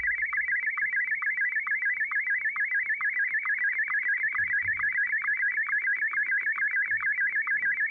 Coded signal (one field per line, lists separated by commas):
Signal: SSTV (slow-scan television)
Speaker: So, I think you can already tell what's going to happen when I start it.